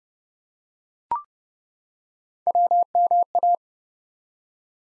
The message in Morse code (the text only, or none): WMA